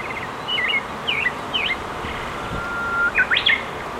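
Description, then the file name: Pale thrush song: short, scratchy phrases with quick twisting notes, separated by brief pauses, with a steady thin whistled tone in between and a final tumbling phrase. "sirohara"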